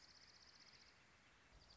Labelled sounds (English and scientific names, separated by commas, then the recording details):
Dark-eyed Junco (Junco hyemalis)
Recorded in Sonoma County, California